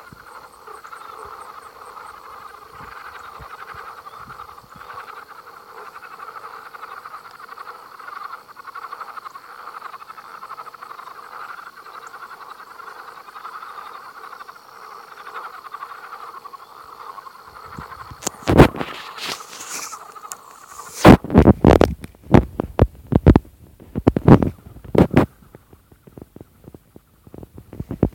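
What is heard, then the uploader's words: A dense, steady chorus of swamp frogs churns in the midrange, with a thin high insect whine held above it. From about eighteen seconds, loud knocks and sharp clattering bursts break in repeatedly, crowding the last ten seconds. Swamp Frogs by Christie Mullen.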